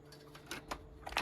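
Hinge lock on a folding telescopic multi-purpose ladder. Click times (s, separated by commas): 1.2 s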